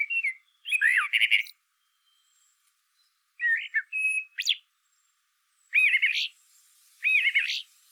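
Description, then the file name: Eurasian blackbird delivering several separate song phrases, mellow warbled notes running into sharp high squeaks and twitters, with brief silences between them. "Turdus merula"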